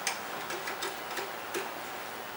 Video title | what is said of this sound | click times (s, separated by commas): Everything You Need to Konw about Pre terminated Fiber Optic Cable | also a little click | 0.1 s